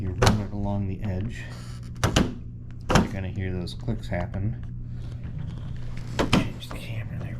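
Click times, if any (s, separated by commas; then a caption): 6.2 s, 6.3 s. A plastic pry tool is run along the edge of a Samsung 75-inch TV with no picture, popping the plastic back-cover clips free from the chassis while someone talks. Sharp clicks sound at 6.2 and 6.3 seconds as the clips release, after earlier knocks around 2.0 to 2.9 seconds.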